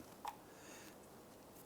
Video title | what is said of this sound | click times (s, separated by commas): How to Replace Transmission Speed Sensor 2005-2007 Ford Five Hundred | You'll hear it and feel it snap into place. | 0.3 s